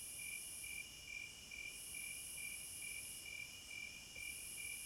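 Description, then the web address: Cricket song: rhythmic high-pitched chirps repeating about twice per second above a continuous insect chorus, no other sounds. Crickets at midnight. "Sleep Sounds of Nature CRICKETS"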